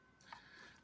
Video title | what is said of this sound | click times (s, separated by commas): Banggood: Geekcreit® DIY 3V FM Radio Kit Frequency Range 72MHz-108.6MHz | the antenna does click into place like that and do | 0.3 s